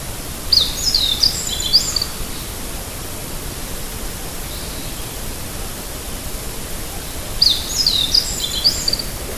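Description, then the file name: Meadow bunting singing two brief, high, tumbling phrases of chirped notes, several seconds apart, against constant hiss. "hojiro"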